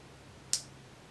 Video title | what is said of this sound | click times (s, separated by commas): Product Review - Beiter Apertures | you'll hear a click. That click indicates that the tunnel is now closed, and you'll see that there are no gaps either side of the aperture. | 0.5 s